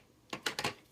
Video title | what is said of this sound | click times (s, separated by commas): Transformers Masterpiece MP-22 Perfect Edition Ultra Magnus Review | you keep pushing it until you hear click | 0.5 s